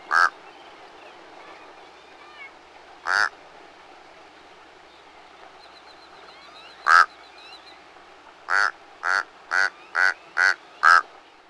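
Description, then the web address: Mexican crow giving short, harsh, croaking calls, at first single and spaced seconds apart, then a quick run of six. "Peterson North American Birds. mecr"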